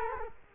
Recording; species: mosquito wingbeat signal from an infrared sensor; Culex quinquefasciatus